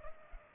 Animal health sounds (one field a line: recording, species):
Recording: mosquito wingbeat signal from an infrared sensor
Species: Culex pipiens